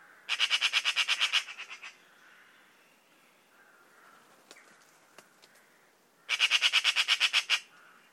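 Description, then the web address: Bird calling in two rapid bursts of many squawky notes, with a few faint clicks between. Labelled in a bird-only dataset under the class "Pi Pi Pi Pi", 2025. "Bird Only More Classes Pi Pi Pi Pi"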